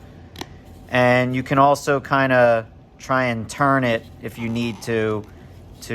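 A control panel is pressed into its opening in a speaker box after the bunched wires are pushed in, and it seats with a single sharp hit at 0.4 s. Someone then talks through the rest of the clip.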